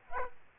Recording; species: mosquito wingbeat signal from an infrared sensor; Aedes aegypti